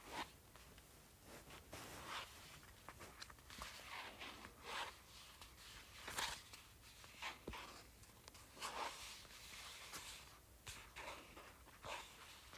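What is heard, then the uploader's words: Fingers tap and scratch a paperback book in irregular bursts, bright rasping strokes every second or so with brief sharp taps between. ASMR Tapping and Scratching Paperback Book.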